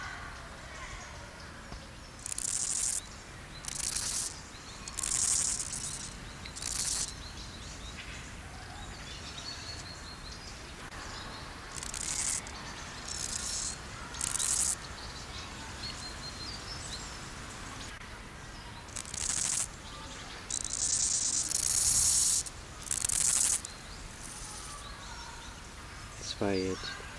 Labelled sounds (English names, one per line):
Steppe Grasshopper stridulation